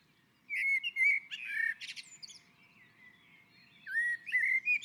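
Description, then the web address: Common blackbird phrase of clear fluting whistles ending in a squeaky flourish, then softer notes and another whistled start. On a roof. "Naturinspelningar Koltrast på taket"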